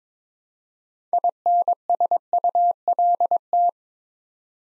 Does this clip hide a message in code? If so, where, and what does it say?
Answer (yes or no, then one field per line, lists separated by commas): yes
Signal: Morse code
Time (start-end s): 1.1-3.7 s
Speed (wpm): 22 wpm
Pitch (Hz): 700 Hz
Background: none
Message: INSULT